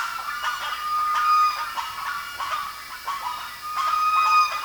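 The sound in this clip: Bird calls, clipped harsh notes in loose bursts with a thin whistled tone at times, rising and falling in loudness.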